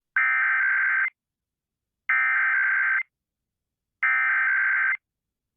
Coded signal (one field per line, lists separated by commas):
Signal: Emergency Alert System (SAME) tones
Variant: header bursts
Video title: EAS 3188 TSUNAMI WARNING FOR THE AMERICAN SAMOA!!! (Credits to Piggy Porkchop)